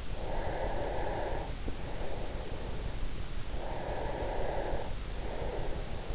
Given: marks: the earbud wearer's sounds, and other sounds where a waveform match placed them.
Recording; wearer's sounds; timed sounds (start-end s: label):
sounds in sleep by an in-ear microphone; breath
0.05-6.12 s: breath